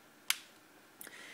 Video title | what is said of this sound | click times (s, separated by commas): Motorola atrix 4G software review part 1 | you have to snap the sides into | 0.3 s, 1.0 s